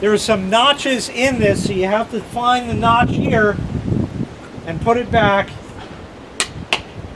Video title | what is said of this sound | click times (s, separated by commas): Pool Opening 2022, Part 6 - Adding Chlorine Tabs To An Automatic Chlorinator | and it snaps back in now we can screw this back on | 6.4 s, 6.7 s